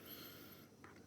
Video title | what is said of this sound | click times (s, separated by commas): BGVP Butterfly Pro hybrid earphones review | It clicks in place. Really nice solid click. | 0.8 s